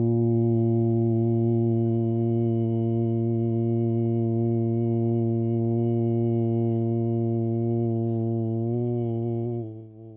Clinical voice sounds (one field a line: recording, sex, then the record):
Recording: sustained vowel /u/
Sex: male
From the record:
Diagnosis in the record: Parkinson's disease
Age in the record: 70 years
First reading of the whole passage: 65 s, 7.9 characters per second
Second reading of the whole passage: 60 s, 8.6 characters per second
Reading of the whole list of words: 48 s, 5.8 characters per second